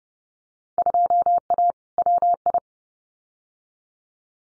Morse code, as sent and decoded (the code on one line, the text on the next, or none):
..--- .- / .-- ..
2A WI